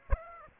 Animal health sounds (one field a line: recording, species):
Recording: mosquito wingbeat signal from an infrared sensor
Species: Aedes aegypti